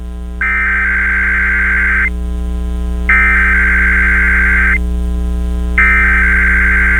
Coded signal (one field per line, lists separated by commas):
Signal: Emergency Alert System (SAME) tones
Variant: header bursts